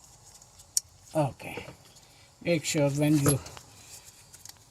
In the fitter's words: Okay, make sure when you hear the click, then it's seated properly.